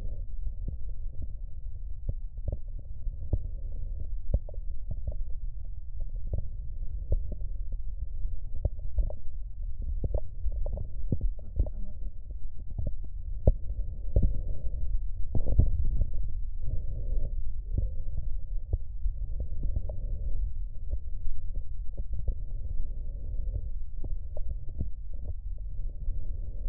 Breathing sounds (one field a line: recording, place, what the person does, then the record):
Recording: lung sounds by stethoscope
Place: right posterior basal chest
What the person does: quiet breathing, then deep breathing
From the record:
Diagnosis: none (healthy)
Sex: male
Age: 60 years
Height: 190 cm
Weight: 150 kg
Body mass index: 41.6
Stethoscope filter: extended mode